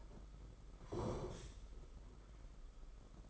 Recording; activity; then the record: daily activity, microphone in the room; sit down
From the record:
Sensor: 5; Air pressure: 991.8 hPa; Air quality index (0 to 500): 142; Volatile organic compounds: 125 ppm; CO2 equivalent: 3904 ppm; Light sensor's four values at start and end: 32/108/40/43 and 32/108/40/43